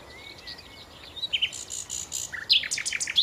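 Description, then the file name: Common nightingale: a thin, drawn-out whistle followed by a cluster of sharp, scratchy notes and quick chirps, with soft birdsong in the background. "Nachtigall"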